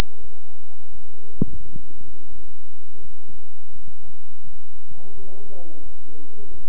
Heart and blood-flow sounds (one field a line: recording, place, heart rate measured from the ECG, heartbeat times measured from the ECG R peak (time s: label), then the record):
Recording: heart sounds by stethoscope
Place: between the tricuspid and mitral areas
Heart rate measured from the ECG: 86 bpm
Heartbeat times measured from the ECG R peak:
0.21 s: heartbeat
0.92 s: heartbeat
1.63 s: heartbeat
2.32 s: heartbeat
3.01 s: heartbeat
3.72 s: heartbeat
4.43 s: heartbeat
5.14 s: heartbeat
5.82 s: heartbeat
6.51 s: heartbeat
From the record:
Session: bicycle stress test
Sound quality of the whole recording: good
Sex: male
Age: 23 years